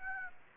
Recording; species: mosquito wingbeat signal from an infrared sensor; Aedes aegypti